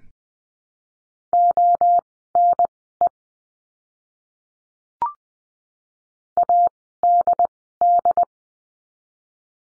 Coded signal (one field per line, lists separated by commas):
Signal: Morse code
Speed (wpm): 20 wpm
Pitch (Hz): 700 Hz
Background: none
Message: ONE ADD